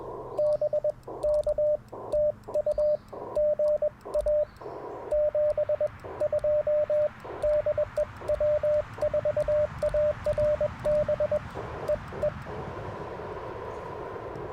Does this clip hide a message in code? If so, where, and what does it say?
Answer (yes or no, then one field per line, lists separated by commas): yes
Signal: Morse code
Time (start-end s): 0.4-12.3 s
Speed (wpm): 20 wpm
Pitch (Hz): 590 Hz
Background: radio noise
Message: BK TU GA 72 DE W4ARB EE